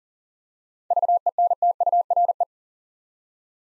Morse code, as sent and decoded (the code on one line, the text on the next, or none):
...- . -. - ..- .-. .
VENTURE